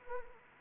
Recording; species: mosquito wingbeat signal from an infrared sensor; Anopheles arabiensis